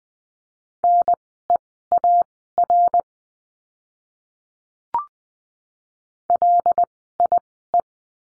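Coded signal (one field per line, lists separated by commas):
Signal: Morse code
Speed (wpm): 20 wpm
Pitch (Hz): 700 Hz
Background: none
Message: NEAR LIE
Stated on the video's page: Morse code course lesson on the letter C, words sent at Farnsworth speed 20/10 wpm.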